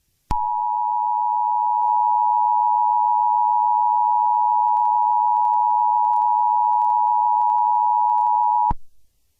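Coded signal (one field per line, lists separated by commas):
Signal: Emergency Alert System (SAME) tones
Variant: 853 and 960 Hz attention tone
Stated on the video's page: Made-up emergency alert scenario.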